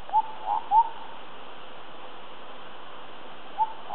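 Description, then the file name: Indian scimitar babbler uttering three liquid hooting notes in quick series, then near silence for over two seconds before one more short note. "P horsfieldi"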